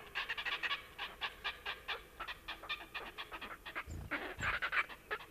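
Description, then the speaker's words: Red-necked Grebe giving a rapid stuttering series of harsh pulsed notes, with a brief louder squealing burst near the end. Played-back recording; the call is described as loud bellowing. "Näin siis röökkii härkälintu."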